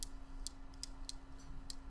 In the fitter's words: it locks into place you lock it once you put in your pocket it's not moving